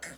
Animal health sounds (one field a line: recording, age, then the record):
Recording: pig call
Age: piglet (1 to 25 days)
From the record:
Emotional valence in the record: negative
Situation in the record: restrain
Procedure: sham castration, fixation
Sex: male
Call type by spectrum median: high-frequency call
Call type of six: low-frequency tonal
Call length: 0.17 s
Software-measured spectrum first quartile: 1430 Hz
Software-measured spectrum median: 2999 Hz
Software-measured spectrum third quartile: 7456 Hz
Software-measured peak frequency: 1834 Hz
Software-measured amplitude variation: 77 dB a second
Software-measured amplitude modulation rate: 2.9 a second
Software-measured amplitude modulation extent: 26.4 dB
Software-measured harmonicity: 1.1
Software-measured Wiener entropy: -2.03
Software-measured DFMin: 976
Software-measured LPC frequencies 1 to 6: 600, 1682, 2027, 3223, 4079, 5108 Hz